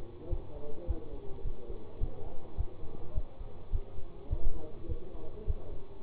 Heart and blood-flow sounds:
heart sounds by stethoscope; between the tricuspid and mitral areas; 104 bpm
0.30 s: heartbeat
0.87 s: heartbeat
1.44 s: heartbeat
2.00 s: heartbeat
2.57 s: heartbeat
3.14 s: heartbeat
3.72 s: heartbeat
4.29 s: heartbeat
4.88 s: heartbeat
5.46 s: heartbeat
From the record:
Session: bicycle stress test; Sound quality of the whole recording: good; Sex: male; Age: 24 years

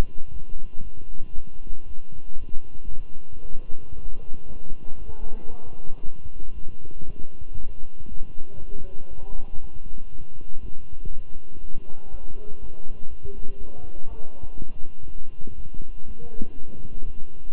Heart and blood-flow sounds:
heart sounds by stethoscope; between the tricuspid and mitral areas; 118 bpm
0.32 s: heartbeat
0.83 s: heartbeat
1.34 s: heartbeat
1.86 s: heartbeat
2.38 s: heartbeat
2.90 s: heartbeat
3.42 s: heartbeat
3.94 s: heartbeat
4.46 s: heartbeat
4.98 s: heartbeat
5.50 s: heartbeat
6.02 s: heartbeat
6.54 s: heartbeat
7.05 s: heartbeat
7.56 s: heartbeat
8.08 s: heartbeat
8.59 s: heartbeat
9.09 s: heartbeat
9.60 s: heartbeat
10.11 s: heartbeat
10.61 s: heartbeat
11.10 s: heartbeat
11.60 s: heartbeat
12.10 s: heartbeat
12.60 s: heartbeat
13.09 s: heartbeat
13.58 s: heartbeat
14.08 s: heartbeat
14.58 s: heartbeat
15.06 s: heartbeat
15.56 s: heartbeat
16.06 s: heartbeat
16.55 s: heartbeat
17.04 s: heartbeat
From the record:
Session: walking at 3.7 km/h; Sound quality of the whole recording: good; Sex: male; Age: 23 years

